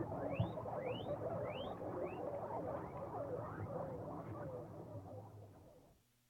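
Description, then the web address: Guinea pig wheeking: a quick series of rising, upswept squeals, fading into softer squeaks and low chatter before the sound stops. "Tierstimmen meerschwein"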